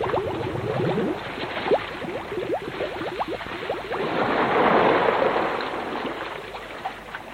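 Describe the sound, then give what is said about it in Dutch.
Churning, bubbling water with rapid gurgles and splashes that swell into a steady rushing wash as a vessel sinks with water streaming inside. No voices. “Oh, hij zinkt. Geen water inslikken.”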